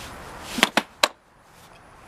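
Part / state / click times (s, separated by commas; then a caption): infant car seat carrier onto stroller frame / seated / 0.6 s, 0.8 s, 1.0 s. An infant car seat carrier is pushed down into the mounting points on a Graco FastAction Fold Jogger Click Connect stroller frame. Three sharp clicks sound at 0.6, 0.8 and 1.0 seconds, with the last being the loudest. The multiple clicks mean the carrier is seated in the stroller.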